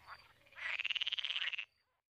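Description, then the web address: Pool frog giving one rattling call of about a second, a rapid series of pulses that swells and then stops abruptly, preceded by a brief softer note. "Fotoim Hangok Pelophylax lessonae"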